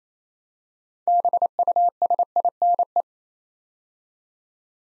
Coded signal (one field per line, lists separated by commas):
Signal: Morse code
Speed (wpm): 27 wpm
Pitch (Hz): 700 Hz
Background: none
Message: BUSINE